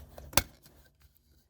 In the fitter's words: yeah if you heard that there's a big old click